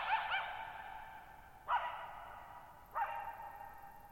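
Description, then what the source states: Coyote barks with wavering yip notes, three calls ringing out and fading slowly in a long reverberation. Lone coyote at night, July 14, 2019, Thirtymile Meadows, Okanogan National Forest (Okanogan High Country), Pacific Northwest, 6400 ft; tall mountains on a high, mostly dry plateau, shallow bowl-shaped meadows, boggy ground.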